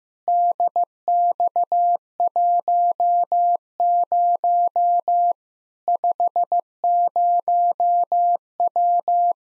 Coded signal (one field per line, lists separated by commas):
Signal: Morse code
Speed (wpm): 15 wpm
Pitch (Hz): 700 Hz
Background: none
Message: DX10 50W